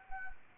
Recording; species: mosquito wingbeat signal from an infrared sensor; Anopheles arabiensis